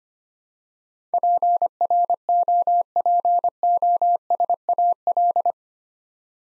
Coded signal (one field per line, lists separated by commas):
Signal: Morse code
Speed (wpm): 25 wpm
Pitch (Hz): 700 Hz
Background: none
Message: PROPOSAL